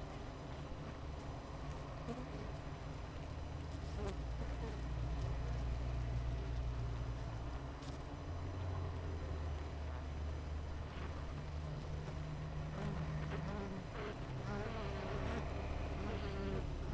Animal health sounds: honeybee colony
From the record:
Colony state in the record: missing queen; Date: 14 July 2017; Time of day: 7:48

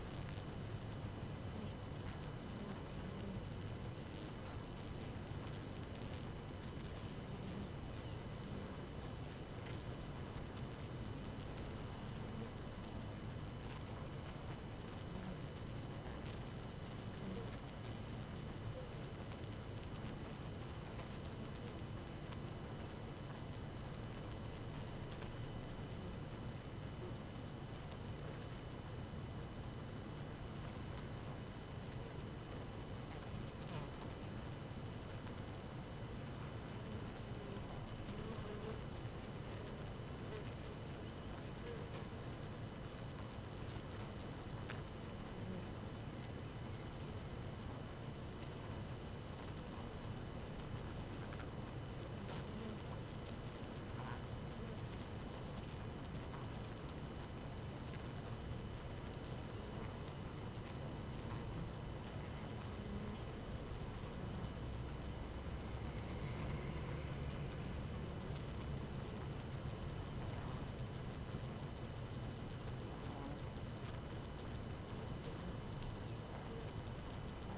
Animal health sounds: honeybee colony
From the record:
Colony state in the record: active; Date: 12 June 2018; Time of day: 4:26

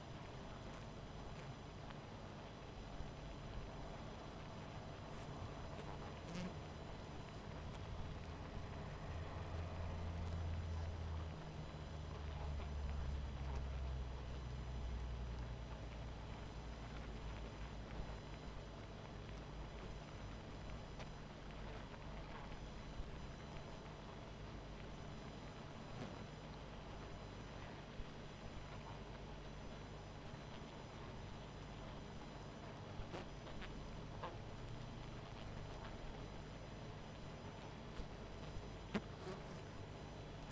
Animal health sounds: honeybee colony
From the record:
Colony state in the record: missing queen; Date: 14 July 2017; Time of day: 19:53

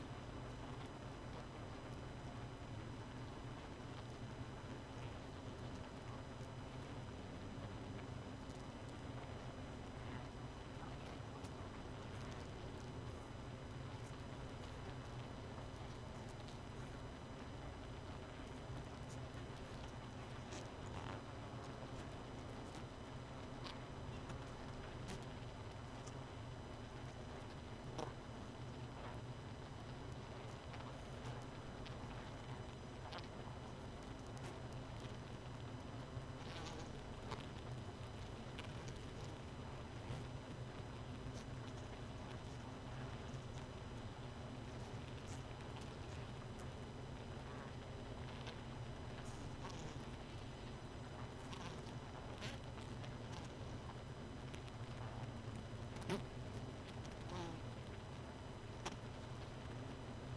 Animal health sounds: honeybee colony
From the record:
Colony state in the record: missing queen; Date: 31 May 2018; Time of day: 1:38

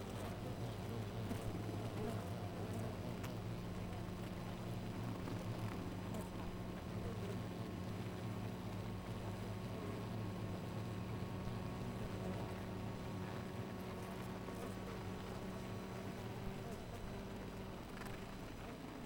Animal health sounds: honeybee colony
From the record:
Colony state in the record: missing queen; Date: 14 July 2017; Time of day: 4:01

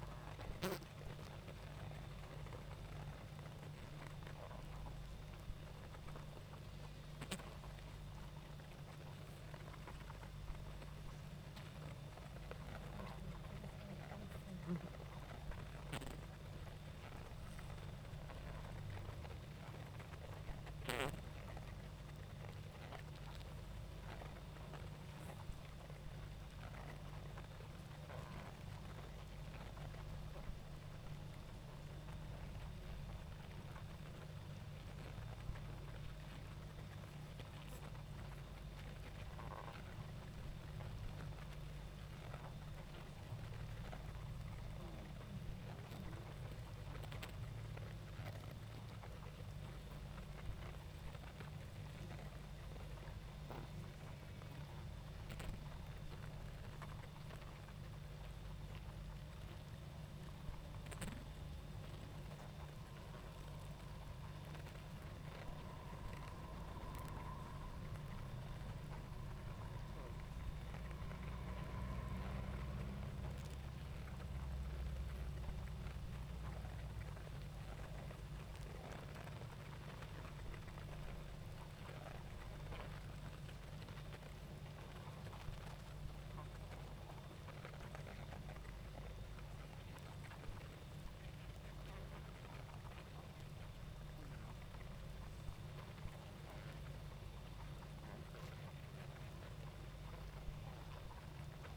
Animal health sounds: honeybee colony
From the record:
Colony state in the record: active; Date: 28 July 2017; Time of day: 20:00

